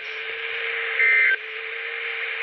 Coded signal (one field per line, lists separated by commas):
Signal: Emergency Alert System (SAME) tones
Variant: end-of-message bursts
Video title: GOODBYE 2018... EAS Alerts from 12/4/18 - 12/26/18 (EAS #1,942 - 1,963)